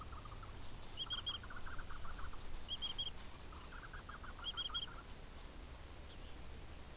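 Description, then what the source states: Insect giving clipped high triple chirps at a steady interval, with a lower chattering warble from another animal alongside them and a low rumbling background. Recorded in a pasture.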